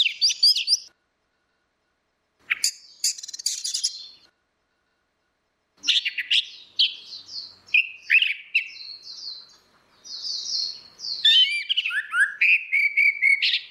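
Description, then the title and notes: Orange-headed thrush singing in broken bursts of rich, high whistles and scratchy trills, growing into a long, continuous, varied warble toward the end. Continuous singing (ngeplong) used as a training (masteran) recording for cage birds. "Suara Burung Anis Merah Ngeplong. Masteran Anis Kembang"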